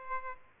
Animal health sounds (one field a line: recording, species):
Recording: mosquito wingbeat signal from an infrared sensor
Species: Aedes albopictus